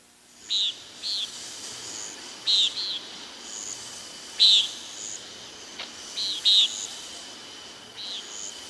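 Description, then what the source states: Common nighthawk giving several buzzy, nasal peent calls. Described as a buzz; a familiar summer evening sound.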